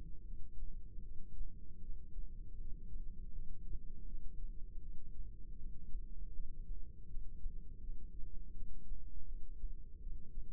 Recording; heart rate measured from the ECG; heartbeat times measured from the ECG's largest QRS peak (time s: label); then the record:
heart sounds by microphone in the right ear; 80 bpm
0.25 s: heartbeat
1.03 s: heartbeat
1.81 s: heartbeat
2.59 s: heartbeat
3.33 s: heartbeat
4.06 s: heartbeat
4.81 s: heartbeat
5.58 s: heartbeat
6.34 s: heartbeat
7.08 s: heartbeat
7.81 s: heartbeat
8.54 s: heartbeat
9.26 s: heartbeat
10.01 s: heartbeat
From the record:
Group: healthy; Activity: rest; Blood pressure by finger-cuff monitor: 145/98 mmHg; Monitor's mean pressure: 118 mmHg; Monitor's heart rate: 81 bpm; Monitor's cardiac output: 4.8 L/min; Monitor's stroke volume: 60 mL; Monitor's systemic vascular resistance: 1820 dyn s/cm5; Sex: female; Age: 51 years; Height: 162 cm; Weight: 70.04 kg